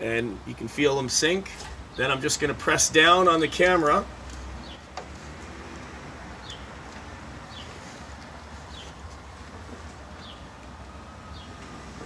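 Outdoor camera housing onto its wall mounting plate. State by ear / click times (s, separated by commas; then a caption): not seated / none. Someone talks for the first four seconds while the housing of a Ring Spotlight Security Camera (Wired), an outdoor camera, is slid down over the four screws on its wall-mounted backing plate and pressed down onto its mounting plate. After that, only quiet steady background noise remains. The camera has not seated or clicked into place yet.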